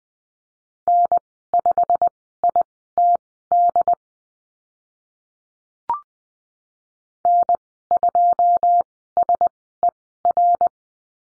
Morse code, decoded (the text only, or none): N5ITD N2SER